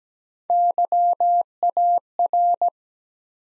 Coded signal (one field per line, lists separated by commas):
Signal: Morse code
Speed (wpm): 17 wpm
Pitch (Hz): 700 Hz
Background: none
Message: YAR